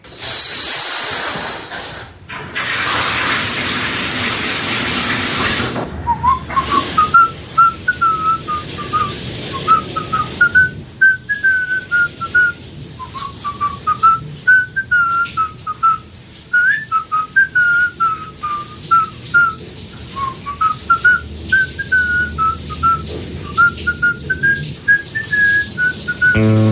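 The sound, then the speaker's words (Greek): Someone whistles a brisk march tune in the shower, a bright wavering melody of short rhythmic phrases over steady hissing water that runs throughout, starting alone before the whistling begins. “πάμε πάλι στην ντουζιέρα του … να ακούσουμε τι τραγουδάει αυτή την ώρα”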